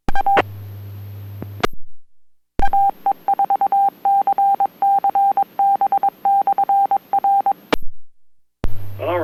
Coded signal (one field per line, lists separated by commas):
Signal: Morse code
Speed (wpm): 22 wpm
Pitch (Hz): 790 Hz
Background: speech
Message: A AE4CCB/R